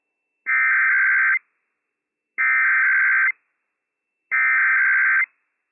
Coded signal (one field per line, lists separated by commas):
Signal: Emergency Alert System (SAME) tones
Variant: header bursts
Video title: Washington State EOC RWT - WWF56 - EAS #214 - 11:00 AM PST 1/4/*22